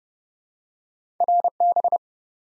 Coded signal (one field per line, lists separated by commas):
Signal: Morse code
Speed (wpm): 31 wpm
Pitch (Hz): 700 Hz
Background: none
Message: RB